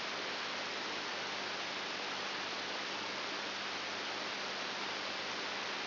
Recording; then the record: brain microelectrode recording played as sound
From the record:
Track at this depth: inside the subthalamic nucleus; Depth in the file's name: 6.101 mm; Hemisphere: left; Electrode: 3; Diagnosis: Parkinson's disease